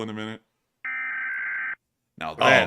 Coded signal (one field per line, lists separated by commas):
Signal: Emergency Alert System (SAME) tones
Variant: header bursts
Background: speech